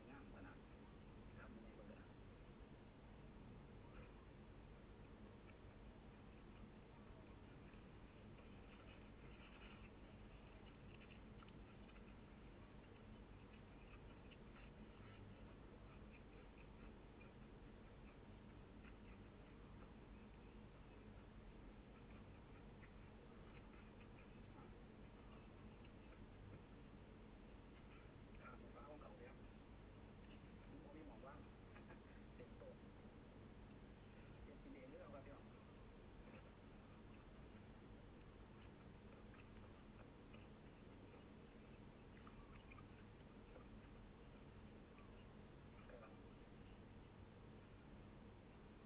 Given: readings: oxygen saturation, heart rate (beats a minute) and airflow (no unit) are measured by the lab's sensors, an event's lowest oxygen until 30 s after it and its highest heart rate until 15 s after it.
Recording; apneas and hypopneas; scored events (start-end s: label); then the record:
a person awake in a sleep study, by a voice recorder at the bedside; none
0.00-48.86 s: awake
From the record:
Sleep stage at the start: awake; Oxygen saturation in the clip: 95%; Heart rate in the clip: 74 to 78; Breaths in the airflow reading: 13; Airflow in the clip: -3.3 to 4.6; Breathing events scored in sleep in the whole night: 131 in 7.2 hours asleep